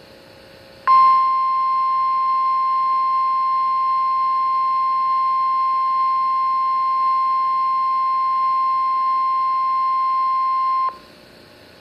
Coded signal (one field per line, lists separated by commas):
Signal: Emergency Alert System (SAME) tones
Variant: 1050 Hz attention tone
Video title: EAS #56 - Required Weekly Test